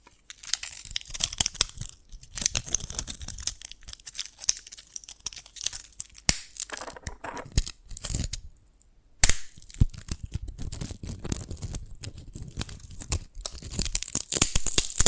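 Dalgona candy being tapped and cracked, heard as a dense run of sharp clicks, crackles and crinkling snaps that keep coming with little pause. A brief near-silence falls around nine seconds, then the brittle crackling resumes, growing brighter and busier toward the end.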